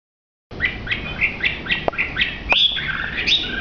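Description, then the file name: Hwamei song: repeated short whistled phrases, then a longer sweeping run, with a few sharp clicks in the background. Singing in a lively, vigorous style called gacor. "audio hwamei gacor. omkicau"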